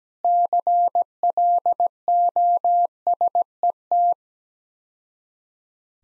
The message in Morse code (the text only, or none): CLOSET